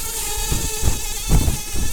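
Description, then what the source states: Brown-banded carder bee buzzing as a low, steady drone with layered harmonics, broken by several louder bursts of rustling, scraping noise. Queens.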